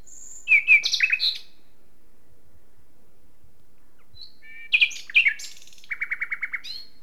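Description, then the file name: Common nightingale song: a short phrase of chirps, a pause, then a varied phrase ending in a series of evenly repeated notes. "Luscinia megarhynchos"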